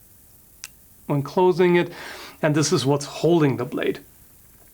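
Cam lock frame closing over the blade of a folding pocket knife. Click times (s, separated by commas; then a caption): 0.6 s. The metal frame of a CRKT Van Hoy Snap Lock folding pocket knife's cam lock is closed around the blade and snaps into place, giving a sharp tick-like click at 0.6 s. Afterward someone talks. The cam lock is seated, holding the blade shut.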